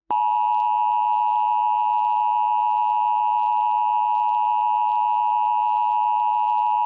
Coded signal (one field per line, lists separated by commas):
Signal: Emergency Alert System (SAME) tones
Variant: 853 and 960 Hz attention tone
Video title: EAS MOCK: Marshire TOR 2008